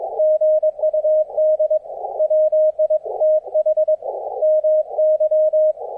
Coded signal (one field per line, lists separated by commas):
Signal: Morse code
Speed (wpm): 22 wpm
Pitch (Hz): 620 Hz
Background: none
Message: GUD WITH MY